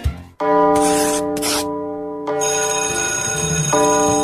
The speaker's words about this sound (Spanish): Ya tocó la campana. Estás en Canto Maestro.